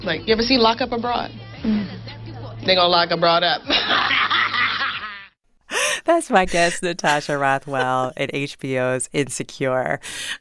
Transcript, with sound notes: Like, you ever see "Locked Up Abroad"? They going to lock a broad up.
(LAUGHTER)
That's my guest, Natasha Rothwell, in HBO's "Insecure."